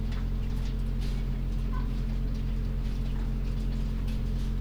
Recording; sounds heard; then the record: poultry house recording; sick chickens (respiratory disease)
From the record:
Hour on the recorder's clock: 1